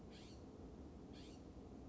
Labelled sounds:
California Scrub-Jay
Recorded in Sonoma County, California

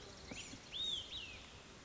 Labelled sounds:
Olive-sided Flycatcher
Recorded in Sonoma County, California

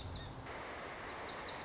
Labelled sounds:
Lazuli Bunting
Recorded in Sonoma County, California

